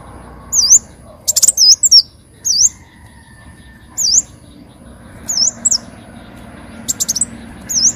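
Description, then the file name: Leafbird calls: scattered high, V-shaped whistled notes, singly or in short groups, at irregular intervals, over soft background noise. "Tieng chim xanh tim"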